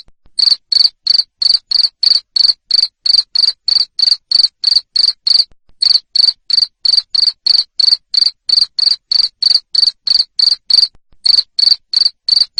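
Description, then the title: Cricket chirps, shrill evenly spaced pulses near three per second, broken by two short gaps. Loud cricket chirping used to stimulate lovebirds to sing continuously. "Suara JANGKRIK NGERIK Keras Bikin LOVEBIRD Jadi NGEKEK Terus Vubey"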